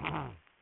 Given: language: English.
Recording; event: throat vibration sensor signal played as sound; throat clearing